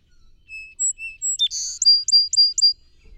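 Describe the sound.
Song sparrow song with high and low whistled introductory notes, a buzzy rasp, and a short closing trill of about four or five sharp repeated notes.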